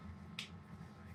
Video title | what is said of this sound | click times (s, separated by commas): Not A Bike I Ever Thought I Would Purchase | it locks it all into place so now everything's locked into place and nothing can | 0.4 s